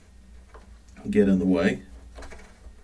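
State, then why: Not seated. A DDR3 memory stick is handled at a desktop motherboard DIMM slot before being pushed down into it. Faint handling taps are heard near 0.5 s and 0.9 s, and someone talks from about 1.0 s to 1.9 s. Nothing has seated or clicked yet; the retention latches have not snapped by the end of the clip.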